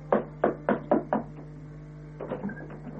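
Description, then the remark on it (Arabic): A guest knocking on a home's door in an Egyptian radio drama: five firm, evenly spaced knocks in quick succession, followed by a pause and a softer, looser cluster of taps, with a steady low hum underneath. “افتحي الأول شوفي مين يا مرفت”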